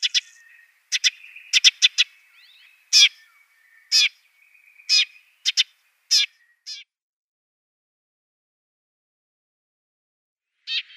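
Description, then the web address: Eurasian tree sparrow calls: sharp, bright chips in quick irregular bursts, some doubled, over a faint thin twitter, then a pause and one last chip. "Schulze Peter Eurasian Tree Sparrow calls"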